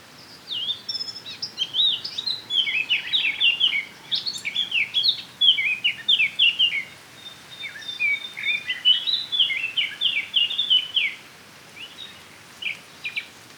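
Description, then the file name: Eurasian blackcap singing a long, fast, varied warble of chattering and fluty notes for about ten seconds, then a few short separate notes, over light background hiss. "Sylvia atricapilla"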